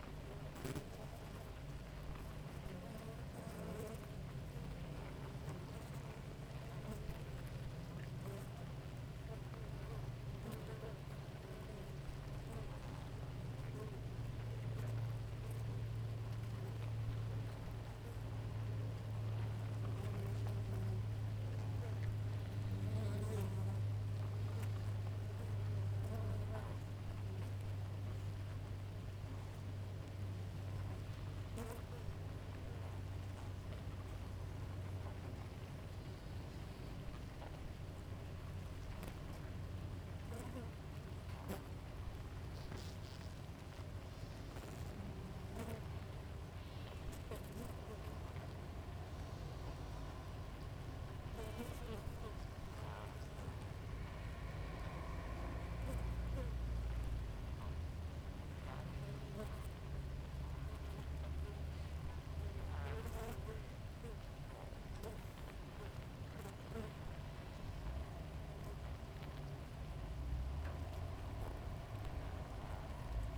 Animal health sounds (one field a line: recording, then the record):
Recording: honeybee colony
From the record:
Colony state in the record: active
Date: 28 July 2017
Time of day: 5:45